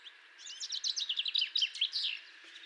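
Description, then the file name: Common chaffinch song phrase: a fast, continuous run of bright chirped notes lasting about two seconds, with a faint hissing background. "Fringilla coelebs"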